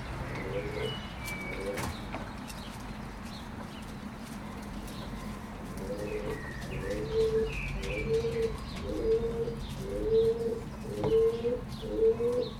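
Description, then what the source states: Pigeon cooing, a brief coo at the start, then after a pause a regular run of low rolling coos, roughly one per second, with faint higher chirps and clicks behind. Recorded in Berlin, Germany, in 2022.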